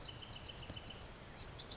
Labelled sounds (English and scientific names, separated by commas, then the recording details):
Bewick's Wren (Thryomanes bewickii)
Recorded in Sonoma County, California